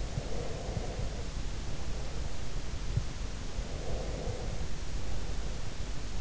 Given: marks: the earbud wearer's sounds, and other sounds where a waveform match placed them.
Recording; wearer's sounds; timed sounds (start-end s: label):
sounds in sleep by an in-ear microphone; breath
0.13-2.38 s: breath
3.74-5.82 s: breath